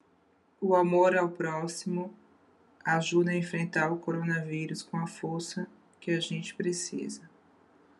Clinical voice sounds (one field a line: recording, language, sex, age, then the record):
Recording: spoken sentence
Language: Brazilian Portuguese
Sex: female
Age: 30 to 39 years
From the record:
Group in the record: control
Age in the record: 36 years